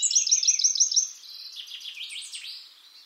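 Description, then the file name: Eurasian wren song: a rapid run of sharp, high repeated notes for about a second, then a quieter, tumbling jumble of chattering notes that fades away. "Troglodytes troglodytes"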